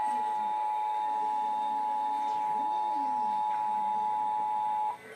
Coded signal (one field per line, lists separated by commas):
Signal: Emergency Alert System (SAME) tones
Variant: 853 and 960 Hz attention tone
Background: speech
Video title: Emergency alert system interrupts weekly weather report